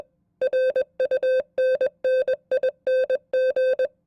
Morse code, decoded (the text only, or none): RUNNING